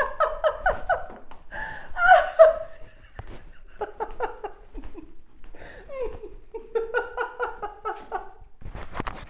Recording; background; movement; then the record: laughter; quiet; walking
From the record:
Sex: female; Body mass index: 21.8 kg/m2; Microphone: on the chest, facing outward